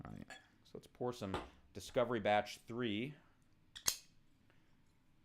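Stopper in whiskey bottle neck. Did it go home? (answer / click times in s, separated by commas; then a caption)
released / 3.8 s, 3.9 s. Someone talks, then works the stopper in the neck of a whiskey bottle, giving two small clicks at 3.8 and 3.9 seconds. The stopper clicks open and is released.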